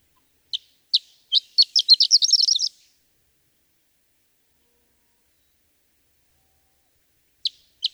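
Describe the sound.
Horned lark song: a few high separate chips speeding into a tinkling, jumbled twitter lasting about a second, then quiet before two more chips start another phrase.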